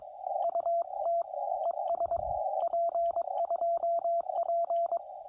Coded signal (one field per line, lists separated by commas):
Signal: Morse code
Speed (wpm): 22 wpm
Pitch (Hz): 680 Hz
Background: radio noise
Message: UT ES P2P